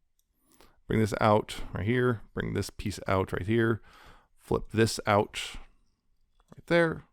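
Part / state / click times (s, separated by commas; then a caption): plastic tab going into a slot on the toy's leg / not seated / none. A plastic tab on a Transformers Studio Series SS-109 Concept Art Megatron robot toy is being handled and readied to push into a slot on the back of the toy's leg. Someone talks while faint clicks and handling sounds are heard. Nothing has seated or clicked into place yet.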